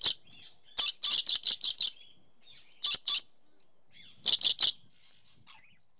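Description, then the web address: Parrot giving short, sharp, high chirps: first a quick run of several, then a pair, then a fast burst of three, with quiet gaps between. "попугай"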